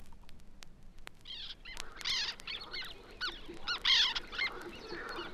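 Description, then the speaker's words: Black Tern calls: harsh, arched notes repeated in quick bursts from several birds. A group calling while hunting insects; breeds sparsely in northern Germany on floating nests, nesting in colonies. "Zunächst die Trauerseeschwalbe, eine spärlich in Norddeutschland auf schwimmenden Nestern brütende Art von schwärzlicher bis schiefergrauer Färbung. Lauschen wir einer Gruppe bei der Insektenjagd."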